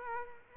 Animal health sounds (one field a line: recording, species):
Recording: mosquito wingbeat signal from an infrared sensor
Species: Culex quinquefasciatus